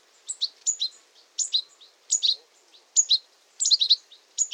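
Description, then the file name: European goldfinch giving bright, tinkling twittered calls in quick clusters of two or three notes, high-pitched and uneven in rhythm, with no other clear sounds. "Carduelis carduelis"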